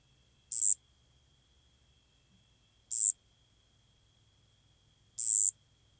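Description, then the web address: Eastern striped cricket song: short, high, buzzy bursts repeated about every two and a half seconds, with quiet gaps between and no other clear sounds. "The Songs of Insects. Eastern Striped Cricket"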